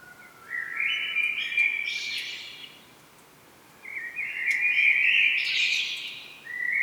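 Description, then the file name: Common blackbird singing two warbled phrases separated by a short pause, each rising into thin high squeaky notes, with a third phrase just starting. "Turdus merula"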